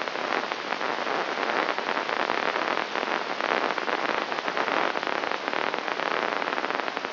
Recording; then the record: brain microelectrode recording played as sound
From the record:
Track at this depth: outside the subthalamic nucleus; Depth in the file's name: 1.313 mm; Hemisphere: left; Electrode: 3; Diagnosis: Parkinson's disease